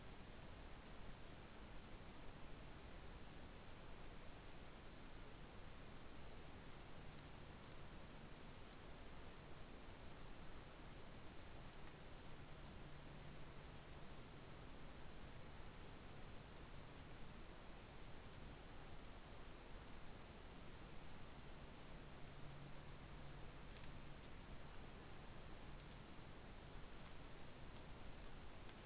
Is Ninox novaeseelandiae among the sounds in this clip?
no